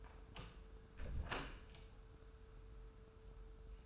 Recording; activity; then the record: daily activity, microphone in the room; close door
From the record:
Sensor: 2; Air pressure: 1015.0 hPa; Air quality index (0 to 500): 118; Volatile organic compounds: 3 ppm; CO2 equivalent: 1512 ppm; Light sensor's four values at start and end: 13/35/14/15 and 13/35/14/15